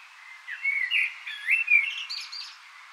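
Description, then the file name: Common blackbird giving one smooth, melodious whistled phrase that dips and rises, finishing with a thin high twitter. "Turdus merula"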